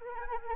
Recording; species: mosquito wingbeat signal from an infrared sensor; Anopheles arabiensis